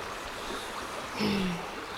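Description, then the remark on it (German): A river murmurs and babbles with a steady, hissing wash of water, broken midway by a brief low tonal hum that fades after a moment. “Aber der Fluss kümmert sich nicht darum und murmelt und lispelt unverständlich weiter.”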